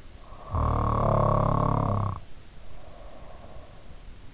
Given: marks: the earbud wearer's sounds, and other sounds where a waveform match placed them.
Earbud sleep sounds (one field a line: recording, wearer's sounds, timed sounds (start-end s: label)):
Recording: sounds in sleep by an in-ear microphone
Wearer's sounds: snoring breath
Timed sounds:
0.12-3.61 s: snoring breath